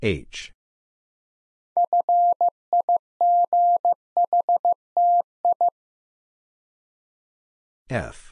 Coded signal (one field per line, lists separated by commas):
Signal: Morse code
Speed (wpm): 15 wpm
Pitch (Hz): 700 Hz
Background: none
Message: FIGHTI